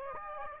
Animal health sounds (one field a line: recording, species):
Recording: mosquito wingbeat signal from an infrared sensor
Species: Aedes aegypti